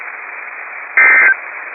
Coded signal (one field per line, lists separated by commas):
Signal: Emergency Alert System (SAME) tones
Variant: end-of-message bursts